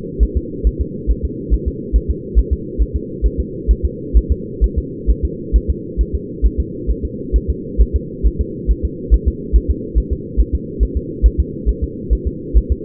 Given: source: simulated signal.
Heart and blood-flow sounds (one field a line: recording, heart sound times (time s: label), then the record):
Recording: fetal heart sounds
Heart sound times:
0.23 s: S1
0.37 s: S2
0.67 s: S1
0.81 s: S2
1.11 s: S1
1.25 s: S2
1.54 s: S1
1.68 s: S2
1.96 s: S1
2.10 s: S2
2.39 s: S1
2.53 s: S2
2.82 s: S1
2.96 s: S2
3.26 s: S1
3.40 s: S2
3.71 s: S1
3.85 s: S2
4.17 s: S1
4.32 s: S2
4.64 s: S1
4.78 s: S2
5.10 s: S1
5.25 s: S2
5.56 s: S1
5.70 s: S2
6.01 s: S1
6.15 s: S2
6.46 s: S1
6.60 s: S2
6.91 s: S1
7.05 s: S2
7.36 s: S1
7.50 s: S2
7.81 s: S1
7.96 s: S2
8.26 s: S1
8.41 s: S2
8.71 s: S1
8.85 s: S2
9.14 s: S1
9.28 s: S2
9.56 s: S1
9.71 s: S2
9.98 s: S1
10.13 s: S2
10.40 s: S1
10.55 s: S2
10.83 s: S1
10.97 s: S2
11.26 s: S1
11.40 s: S2
11.69 s: S1
11.84 s: S2
12.13 s: S1
12.27 s: S2
12.57 s: S1
12.72 s: S2
From the record:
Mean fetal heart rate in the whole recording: 135 bpm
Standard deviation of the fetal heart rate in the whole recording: 3 bpm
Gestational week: 34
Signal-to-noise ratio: -4.1 dB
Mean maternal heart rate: no maternal heart sound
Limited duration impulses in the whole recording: absent